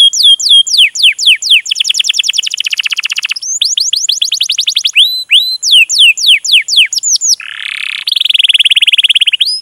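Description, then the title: Canary song, a continuous stream of quick sweeping chirps and rapid trills, broken by a buzzy rolling phrase before sharp repeated notes return. Lure recording played to prompt canaries to sing, a long continuous energetic (gacor) song used as a master tutor. "PANCINGAN Kenari GACOR PANJANG. Pancingan Gacor Masteran"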